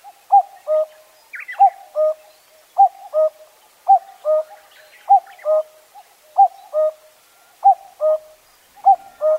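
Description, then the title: Common cuckoo calling cuck-oo steadily, each falling two-note phrase repeated about every second, with a brief chirp from another bird near the start. Recorded at Zao, Japan. "朝の小鳥. 蔵王のカッコウ"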